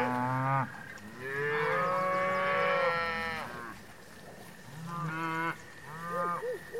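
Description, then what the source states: Cows mooing, long loud lowing calls in the first half, shorter moos after a quiet spell, steady hum underneath. Cows grazing in pasture.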